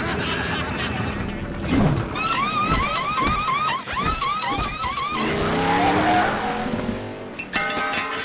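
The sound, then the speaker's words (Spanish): A race car pit stop for a punctured tire under a yellow flag, with the windshield being cleaned: rapid mechanical whirring and clatter, then wavering high-pitched tire squeals and skidding over a steady engine roar, ending in a sharp burst as the car speeds back onto the track. “La parada más rápida que he visto nunca. Pero tiene que salir a pista delante del coche bandera.”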